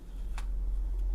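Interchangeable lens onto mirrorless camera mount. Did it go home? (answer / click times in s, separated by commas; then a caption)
no / none. A zoom lens is being twisted onto the bayonet mount of a Canon EOS M50 Mark II mirrorless camera, and the lens has not yet seated or locked. A short, soft tick is heard at about 0.4 s and a fainter one near 1.0 s, over a steady low hum.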